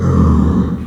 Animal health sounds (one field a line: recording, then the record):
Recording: squeal of a Yucatan mini pig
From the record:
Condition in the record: after surgery on the right vocal fold (resection and tissue-engineered implant)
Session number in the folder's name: 16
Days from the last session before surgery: 183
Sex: female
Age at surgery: 19 weeks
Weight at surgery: 25 kg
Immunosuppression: prednisolone